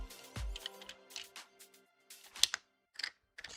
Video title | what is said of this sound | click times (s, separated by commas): 🔴 Installing MMU3 on Prusa CORE One - LIVE | clicked in place. | 2.4 s